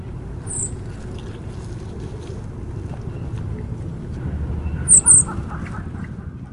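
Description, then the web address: Pale thrush giving thin, very high calls: one short note early on, then a quick double note a few seconds later, over constant low rumbling wind-like noise. Taiwan. "sirohara 白腹鶇"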